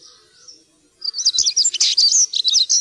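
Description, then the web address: European stonechat song: a brief soft high note, then a fast scratchy twittering phrase of jumbled chirps. "fuglelyder- svartstrupe"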